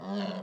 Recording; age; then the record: pig call; piglet (1 to 25 days)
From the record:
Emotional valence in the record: negative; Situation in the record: long isolation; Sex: female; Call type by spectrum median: low-frequency call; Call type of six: low-frequency stable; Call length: 0.43 s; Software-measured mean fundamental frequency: 65 Hz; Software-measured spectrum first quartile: 209 Hz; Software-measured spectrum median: 449 Hz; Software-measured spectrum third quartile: 1050 Hz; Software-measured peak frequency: 197 Hz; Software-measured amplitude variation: 88 dB a second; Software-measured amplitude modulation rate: 17.5 a second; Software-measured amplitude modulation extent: 5.0 dB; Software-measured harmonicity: 5.8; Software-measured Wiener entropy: -0.69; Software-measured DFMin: 964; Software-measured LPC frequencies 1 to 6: 1686, 2910, 3427, 4340, 5567, 6850 Hz